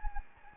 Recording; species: mosquito wingbeat signal from an infrared sensor; Anopheles gambiae